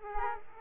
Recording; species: mosquito wingbeat signal from an infrared sensor; Aedes aegypti